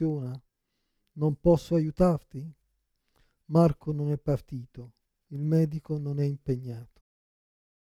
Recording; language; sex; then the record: read phrases; Italian; male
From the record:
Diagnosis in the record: Parkinson's disease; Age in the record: 56 years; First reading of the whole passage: 87 s, 6.0 characters per second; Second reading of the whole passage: 67 s, 7.8 characters per second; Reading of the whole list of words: 59 s, 4.8 characters per second